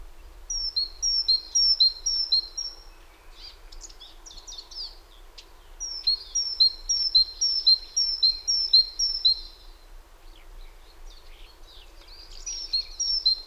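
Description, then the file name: Great tit song: two bursts of repeated high-low note pairs with brief buzzy, clicking notes between and after them. "Parus major"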